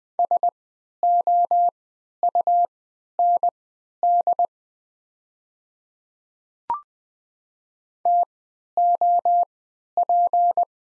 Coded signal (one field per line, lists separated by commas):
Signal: Morse code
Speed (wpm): 20 wpm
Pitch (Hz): 700 Hz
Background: none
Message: SOUND TOP